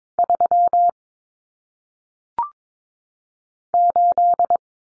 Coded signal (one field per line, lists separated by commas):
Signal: Morse code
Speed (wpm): 22 wpm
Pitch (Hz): 700 Hz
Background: none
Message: 3 8